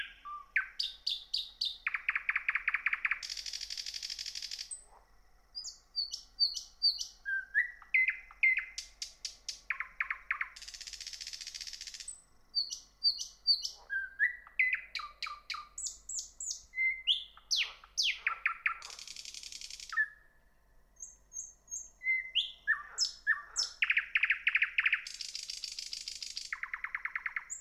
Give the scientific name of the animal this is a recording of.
Luscinia luscinia